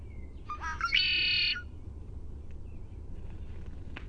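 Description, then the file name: Red-winged blackbird song: a few quick sharp introductory notes, then a buzzy, ringing trill held about half a second, sung once, over a steady low rumble. "RWBL song"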